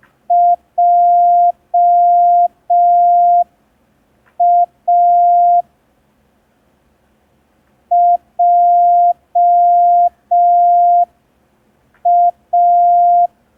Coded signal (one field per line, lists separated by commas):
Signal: Morse code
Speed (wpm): 5 wpm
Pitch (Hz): 700 Hz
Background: none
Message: JA JA